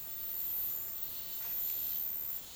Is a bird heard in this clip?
no